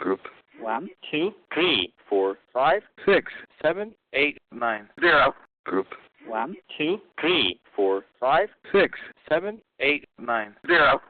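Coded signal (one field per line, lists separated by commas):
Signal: numbers station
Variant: Craigslist numbers station, English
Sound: telephone-quality voices read "group", then digits one through zero, repeated twice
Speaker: this is the set of numbers as recorded from those unwitting accomplice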